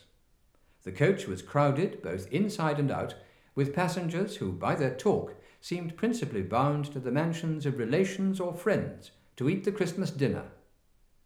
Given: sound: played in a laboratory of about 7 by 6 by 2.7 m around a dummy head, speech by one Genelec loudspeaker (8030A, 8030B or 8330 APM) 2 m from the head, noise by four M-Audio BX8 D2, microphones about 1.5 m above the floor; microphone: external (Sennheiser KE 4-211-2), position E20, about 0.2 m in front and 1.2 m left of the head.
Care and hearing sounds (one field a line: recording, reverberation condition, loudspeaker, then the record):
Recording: male speech in English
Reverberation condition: medium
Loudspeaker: 90 degrees to the left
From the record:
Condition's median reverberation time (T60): about 510 ms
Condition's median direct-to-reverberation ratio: about -0.5 dB